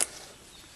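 A plastic missile, locked into the launcher of a 3.75-inch Star Wars Rogue One wave 2 Director Krennic action figure, is pressed down and its spring fires it out. A sharp plastic snap sounds at 0.0 s, then fades into faint background noise as the missile is released.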